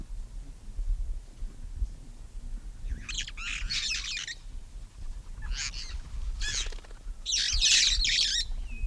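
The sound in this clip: Red-fronted parrot harsh squawks in grating bursts, a pair near three to four seconds, then single calls and a longer, louder rasping burst at the end, over low rumbling background.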